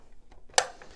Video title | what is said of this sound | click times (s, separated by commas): How to Install & Activate an Industrial Sensus SmartPoint | and you should hear it snap in place | 0.6 s